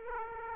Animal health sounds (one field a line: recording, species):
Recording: mosquito wingbeat signal from an infrared sensor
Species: Aedes aegypti